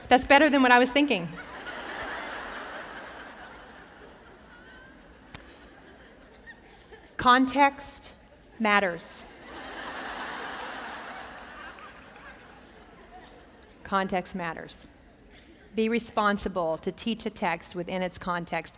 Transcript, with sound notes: That’s better than what I was thinking. Context matters. [laughter] Context matters. Be responsible to teach a text within its context.